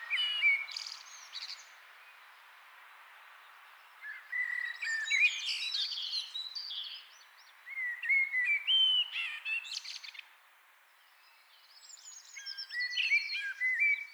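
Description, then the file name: Common blackbird song: repeated mellow, fluty phrases, each ending in thin high squeaks, over a soft hissing background. "Turdus merula"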